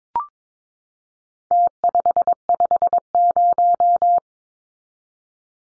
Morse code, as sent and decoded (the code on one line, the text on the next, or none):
- ..... ..... -----
T550